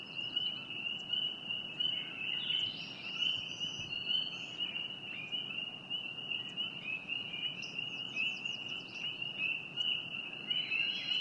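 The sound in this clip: Frog keeping up a constant shrill trill, with scattered faint chirps and a brief chattering burst above it.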